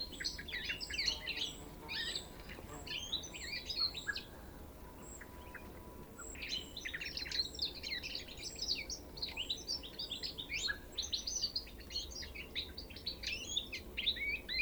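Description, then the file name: European goldfinch twittering, liquid tinkling notes in quick bursts, pausing briefly near five seconds, then resuming, over a low steady background hum. "Carduelis carduelis"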